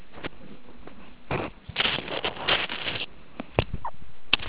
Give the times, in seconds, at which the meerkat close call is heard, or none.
none